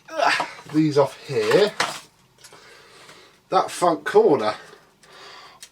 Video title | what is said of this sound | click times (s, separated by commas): A £10 Dyson DC07 with a blocked nose! (Another DIY Casualty) | it clicked in pop you could tell | 5.6 s